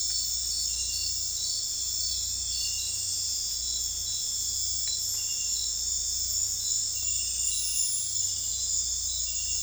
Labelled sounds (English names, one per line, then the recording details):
none
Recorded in dense forest near Puerto Asís, Putumayo, Colombia, on 16 December 2024 at 00:00
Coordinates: 0.466, -76.327
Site G075